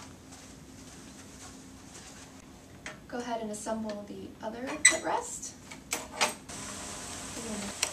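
Someone talks, then the second swing-away footrest is handled and fitted toward its mount on the metal frame of a transport wheelchair, with sharp knocks and rattles around 2.9 s and 5.9 s. The footrest has not yet swung into its lock, and nothing has seated or clicked yet.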